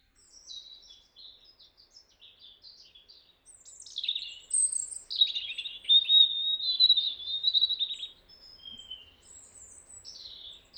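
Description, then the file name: European robin in sustained song, a long run of varied high warbles, trills and thin whistles, rising in strength in the middle. "Erithacus rubecula"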